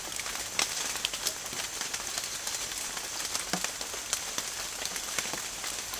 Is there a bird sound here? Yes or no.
no